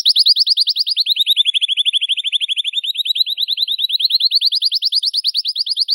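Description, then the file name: Canary song as one unbroken, fast rolling trill of rapidly repeated notes, sinking a little in pitch and then rising again throughout. Belgian canary breed, blue colour; singing. "canto do canario belga azul"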